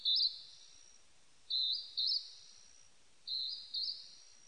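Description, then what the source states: Northern hawk-cuckoo giving a piercing two-part call, the second note pitched slightly higher, repeated a few times over steady soft hiss. Recorded 23 May 1998.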